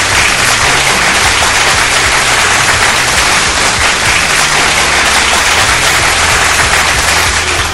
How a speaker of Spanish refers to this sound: Estas felicidades, por cierto, un gran, gran aplauso a todos ustedes.